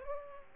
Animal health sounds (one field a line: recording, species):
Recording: mosquito wingbeat signal from an infrared sensor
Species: Aedes aegypti